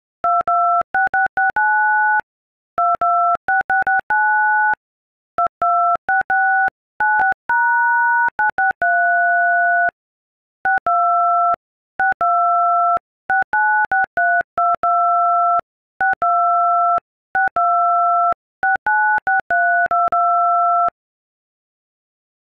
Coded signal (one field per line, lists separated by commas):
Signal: DTMF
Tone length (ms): 270 ms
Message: 226669 22669 226696#963 62 62696322 62 6269632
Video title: Oh No TikTok song on dial pad